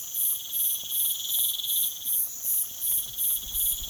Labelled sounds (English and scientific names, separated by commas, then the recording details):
none
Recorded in pastures near Puerto Asís, Putumayo, Colombia, on 19 June 2025 at 01:00
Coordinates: 0.487, -76.322
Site H26